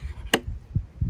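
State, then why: Torque reached. The tightening knob of a locking Rotopax fuel-can mount on a Jeep's spare-tire rack is turned until the can is snug, and the knob's slip clutch gives one sharp, bright click at 0.3 s, showing it has reached torque. Two soft, low thumps follow at about 0.8 s and 1.0 s.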